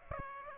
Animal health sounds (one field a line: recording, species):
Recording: mosquito wingbeat signal from an infrared sensor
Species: Aedes aegypti